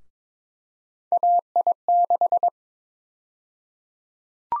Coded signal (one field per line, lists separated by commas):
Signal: Morse code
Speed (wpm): 22 wpm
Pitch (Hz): 700 Hz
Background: none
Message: AI6